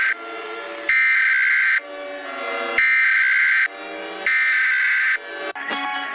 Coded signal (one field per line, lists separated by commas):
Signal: Emergency Alert System (SAME) tones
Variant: header bursts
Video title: RATING EAS ALARMS FINALE!